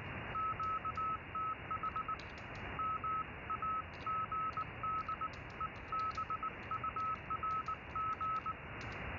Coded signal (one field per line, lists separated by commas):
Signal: Morse code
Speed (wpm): 19 wpm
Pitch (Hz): 1290 Hz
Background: none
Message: QTH MAGDEBURG